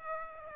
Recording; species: mosquito wingbeat signal from an infrared sensor; Aedes aegypti